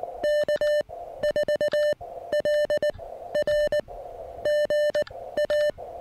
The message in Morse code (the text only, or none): K4LR GA